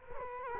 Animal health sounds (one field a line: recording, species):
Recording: mosquito wingbeat signal from an infrared sensor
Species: Culex quinquefasciatus